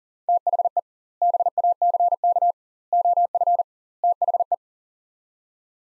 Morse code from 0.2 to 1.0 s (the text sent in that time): THE